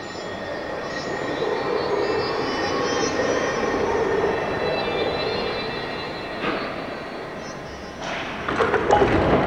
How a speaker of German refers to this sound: Ich rufe, halt, ich will aussteigen. Aber der Zug hält nicht.